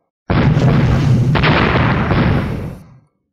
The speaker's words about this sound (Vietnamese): Một tiếng vang thật lớn, một cổ sóng khí cuồng bạo vô cùng như bài sơn đảo hải áp tới bốn phương, cuốn lấy ngọn lửa màu đen cùng nhiều loại lực lượng pháp tắc, trong nháy mắt trùng kích đánh bay mọi người chung quanh ra ngoài.